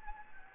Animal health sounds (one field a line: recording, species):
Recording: mosquito wingbeat signal from an infrared sensor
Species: Anopheles gambiae